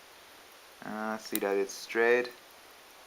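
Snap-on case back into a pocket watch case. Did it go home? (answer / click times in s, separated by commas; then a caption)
no / none. Someone talks while the metal snap-on case back of a vintage Molnija mechanical pocket watch is being pressed toward the watch case to close it. The speech runs from about 0.8 to 2.3 seconds over a quiet background. Nothing has seated or snapped shut yet by the end of the clip.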